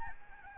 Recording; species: mosquito wingbeat signal from an infrared sensor; Aedes albopictus